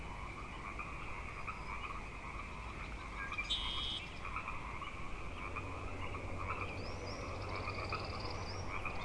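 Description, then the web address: Frog chorus, steady overlapping croaks, with a short bright high note near the middle and a soft low rumble later. Frog chorus tuning up at Grafton Lake, 3 May 2009. "The Frog Chorus Tunes Up On Grafton Lake frogs 090503"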